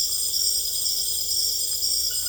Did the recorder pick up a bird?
no